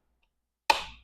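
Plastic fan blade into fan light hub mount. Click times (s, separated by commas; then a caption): 0.7 s. A plastic fan blade is slid onto its receiving tab on the hub mount of a socket fan light body and locked in by hand with no tools. After near silence, a single sharp snap sounds at 0.7 s and its bright ring fades out over about 0.4 seconds. The blade snaps into its socket and is seated.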